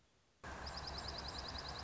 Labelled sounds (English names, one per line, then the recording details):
Dark-eyed Junco
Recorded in Sonoma County, California